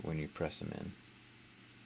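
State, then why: Not seated. A ribbon cable connector is handled by hand over its socket on the board of a Nexus 4 E960 phone during a charging port and glass screen repair. Someone talks briefly over a quiet background hum. Nothing has seated or clicked yet.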